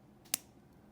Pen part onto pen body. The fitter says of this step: that's a really really satisfying click